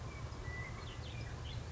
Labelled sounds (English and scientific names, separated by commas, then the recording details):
Western Meadowlark (Sturnella neglecta)
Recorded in Sonoma County, California